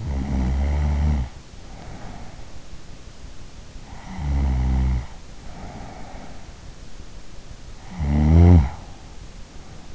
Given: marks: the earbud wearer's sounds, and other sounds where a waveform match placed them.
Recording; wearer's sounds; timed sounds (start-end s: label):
sounds in sleep by an in-ear microphone; snoring breath
0.00-2.37 s: snoring breath
3.74-6.65 s: snoring breath
7.77-8.94 s: snoring breath